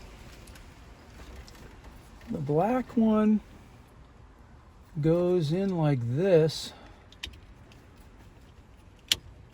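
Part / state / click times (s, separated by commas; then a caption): wiring harness plug into car stereo socket / seated / 9.1 s. Someone talks while the black wiring harness plug is pushed into the socket on the back of a Stiflix 9" touch screen single DIN car stereo being installed in a 1992 Ford F250. A few faint ticks come before a sharp click at 9.1 s, when the connector seats.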